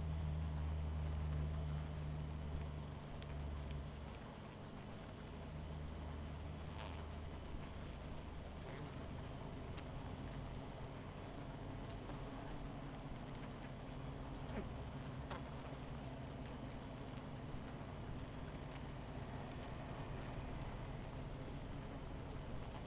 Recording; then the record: honeybee colony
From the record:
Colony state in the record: missing queen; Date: 14 July 2017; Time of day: 21:03